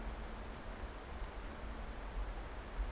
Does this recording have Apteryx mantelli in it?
no